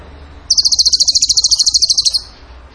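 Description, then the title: Bird song consisting of a single quick rattling trill of high, evenly pulsed notes lasting under two seconds, against faint background hum. Masteran training recording for cage birds; song in the tembakan gacor style. "Masteran Burung Tembakan Gacor"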